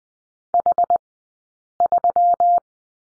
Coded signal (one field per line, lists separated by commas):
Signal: Morse code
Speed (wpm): 20 wpm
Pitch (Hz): 700 Hz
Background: none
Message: H3